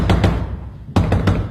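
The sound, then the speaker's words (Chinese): Heavy knocking on a door by someone wanting it opened: two firm thuds, a brief pause, then three more in quick succession, each a loud, low, booming rap with no voices. “开门呀，你听见了没有？你倒是开门呀，开门呀你。”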